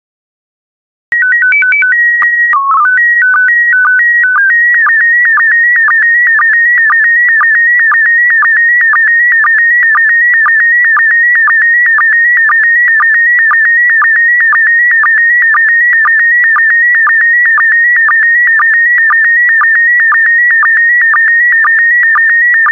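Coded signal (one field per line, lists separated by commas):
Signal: SSTV (slow-scan television)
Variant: PD120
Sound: short tone header, then a steady warbling whine with rapid regular ticking dips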